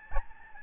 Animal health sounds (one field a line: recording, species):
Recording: mosquito wingbeat signal from an infrared sensor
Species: Aedes albopictus